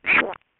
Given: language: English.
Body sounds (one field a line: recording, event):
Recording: throat vibration sensor signal played as sound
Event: swallow